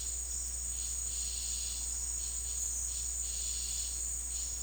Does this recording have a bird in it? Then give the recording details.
no. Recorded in dense forest near Puerto Asís, Putumayo, Colombia, on 8 March 2025 at 16:00. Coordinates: 0.503, -76.323. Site GP09